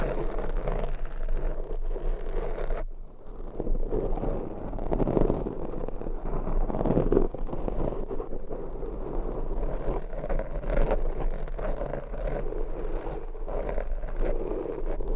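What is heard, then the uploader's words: Continuous scratching fills the clip as a dense, rough, rumbling rub, mostly low and muffled with little brightness. The texture stays steady apart from a brief dip just before three seconds, and a constant low hum runs underneath throughout. ASMR Scratching & Tapping for People Who Get Bored Easily(No Talking).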